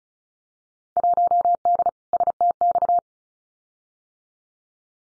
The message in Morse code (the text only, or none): 1D STX